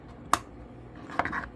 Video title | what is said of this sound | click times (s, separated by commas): Town Car Analog Clock Disassembly 03-11 | and you have two clicks so now we're gonna work on the other side | 0.3 s, 1.2 s